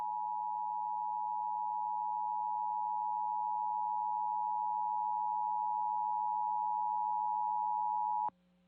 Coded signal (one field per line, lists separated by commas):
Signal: Emergency Alert System (SAME) tones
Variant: 853 and 960 Hz attention tone